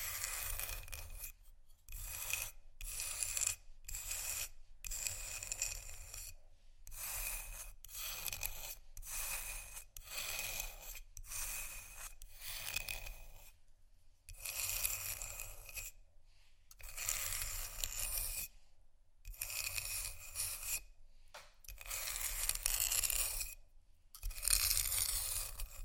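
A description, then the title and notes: Ice being scratched in a long series of bright, gritty strokes, each lasting about a second or two and broken by short silent gaps. The rasping is sharp and hissy, with a faint low hum underneath, and a few strokes near the end are louder. No Talking.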